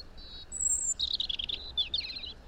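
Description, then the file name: European robin song: thin high whistles, then a fast, liquid jumble of twittering notes that wavers in pitch. "Erithacus rubecula"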